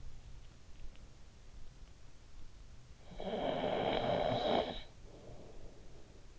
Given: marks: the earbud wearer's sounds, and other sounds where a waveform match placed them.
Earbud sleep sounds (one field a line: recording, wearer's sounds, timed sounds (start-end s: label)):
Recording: sounds in sleep by an in-ear microphone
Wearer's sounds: snoring breath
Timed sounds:
2.91-6.39 s: snoring breath